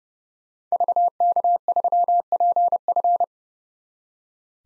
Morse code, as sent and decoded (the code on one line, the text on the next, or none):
...- -.- ...-- .--. ..-.
VK3PF